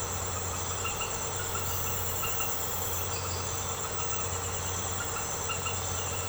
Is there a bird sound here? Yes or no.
no